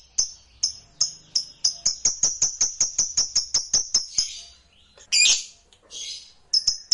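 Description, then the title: Lovebird call series, a steady run of short high chirps, then a harsh squawk and more chirps. "Suara Lovebird"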